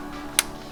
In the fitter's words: and press until you hear the click